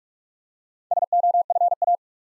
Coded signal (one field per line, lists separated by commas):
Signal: Morse code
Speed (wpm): 44 wpm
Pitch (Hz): 700 Hz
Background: none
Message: SOFA